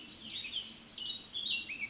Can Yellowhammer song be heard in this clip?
no